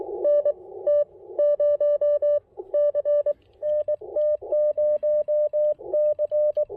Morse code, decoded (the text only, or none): NT0C NT0C